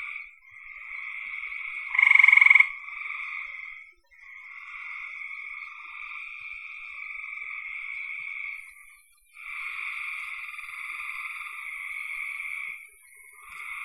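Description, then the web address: Frog chorus of long, even trills with brief gaps, and one louder pulsed rattle near the start. "cn frogs"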